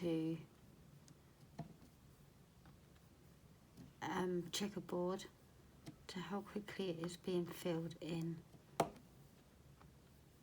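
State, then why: Seated. A square resin drill is pressed onto the sticky canvas of a diamond painting next to its neighbours and snaps snugly into line with a sharp click at 8.8 s, seating in place. Someone talks before and after the click, and a few faint ticks are heard earlier.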